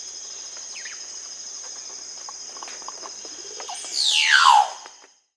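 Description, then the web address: Casqued oropendola call: one loud, liquid sweep falling steeply from high to low pitch near the end, over a steady high insect drone and faint scattered chirps. South America. "Natures Songs S America Casqued Oropendola"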